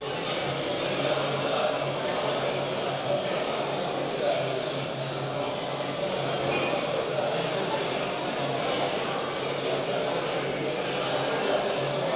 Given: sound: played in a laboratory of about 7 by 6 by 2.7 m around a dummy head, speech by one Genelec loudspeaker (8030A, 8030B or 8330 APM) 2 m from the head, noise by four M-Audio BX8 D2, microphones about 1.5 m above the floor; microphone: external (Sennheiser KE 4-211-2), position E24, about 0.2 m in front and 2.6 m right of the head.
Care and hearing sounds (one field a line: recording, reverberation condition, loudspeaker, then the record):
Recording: cafeteria noise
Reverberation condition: high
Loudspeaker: four, about 170 cm from the corners of the room and facing them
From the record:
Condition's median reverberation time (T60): about 1300 ms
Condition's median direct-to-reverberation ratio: about -4.0 dB